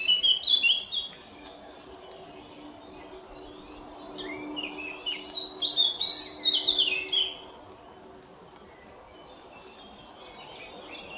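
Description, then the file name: Eurasian blackcap song, brief warbled phrase at the start, then a longer run of rapid whistled notes midway, over steady background hiss and a faint low hum. "Sylvia atricapilla"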